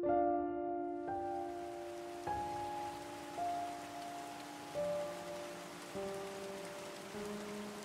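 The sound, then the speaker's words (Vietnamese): Steady rain hisses throughout, a dense wash of falling drops beneath soft sustained tonal notes that change pitch every second or so. No one speaks. “Mùa này đang mưa, phải mất 3 ngày mới xây mộ xong.”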